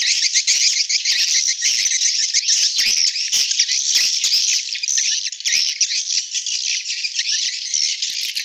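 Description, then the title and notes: Swiftlet twittering, a dense, continuous high chatter of overlapping chirps with a few sharper clicks scattered through. Sound used in swiftlet farming in Asia. "Swiflet Bird Sound. Farming Swiflet Bird asia sound"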